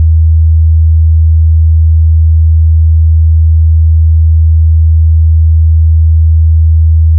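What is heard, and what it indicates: A steady, continuous low-pitched synthesized tone, around 80 Hz, used as a reference sound to simulate tinnitus and help match one's own tinnitus.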